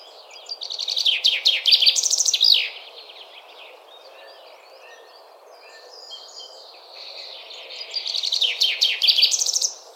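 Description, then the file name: Common Chaffinch singing two rattling, cascading phrases about five seconds apart, with faint bird notes in the quiet gap. "Fringilla coelebs"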